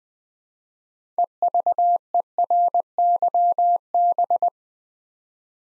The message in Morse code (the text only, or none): EVERYB